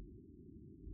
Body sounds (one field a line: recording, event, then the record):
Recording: neck accelerometer signal played as sound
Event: no cough (speech, laughter, throat clearing or background)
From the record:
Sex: female